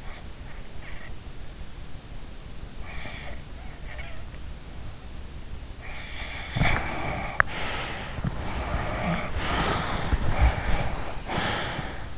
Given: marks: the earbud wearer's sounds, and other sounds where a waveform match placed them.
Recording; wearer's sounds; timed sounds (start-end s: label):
sounds in sleep by an in-ear microphone; snoring breath, body movement, teeth grinding, breath
0.00-1.18 s: snoring breath
2.65-4.32 s: snoring breath
5.81-8.24 s: snoring breath
6.37-11.88 s: body movement
7.40-7.62 s: teeth grinding
8.30-10.31 s: snoring breath
10.36-12.18 s: breath